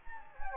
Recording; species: mosquito wingbeat signal from an infrared sensor; Anopheles gambiae